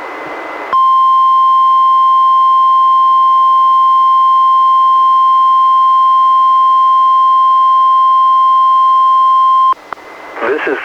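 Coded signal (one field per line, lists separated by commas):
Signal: Emergency Alert System (SAME) tones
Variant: 1050 Hz attention tone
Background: speech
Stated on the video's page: Required weekly test relayed by a NOAA Weather Radio station, recorded from a Reecom R-1630 weather radio through a Zoom H1 recorder.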